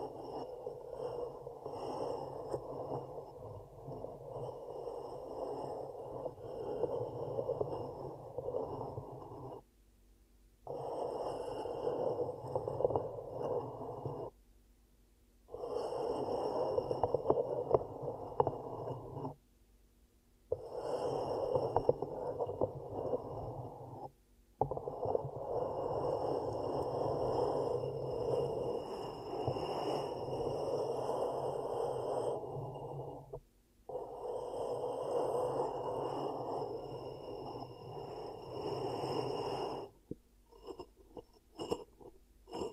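Ear cupping triggers: hands close over the microphone in long, muffled, rushing stretches with a soft rubbing texture and a low thumping undertone. Silent gaps break it up every few seconds, near 10, 15, 20, 24, 34 and 40 seconds, with short taps toward the end.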